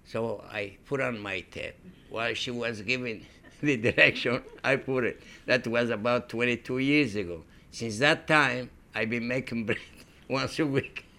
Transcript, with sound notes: So I put on my tape, why she was giving it. ( he laughs ) I put it. That was about twenty-two years ago. Since that time I've been making bread once a week.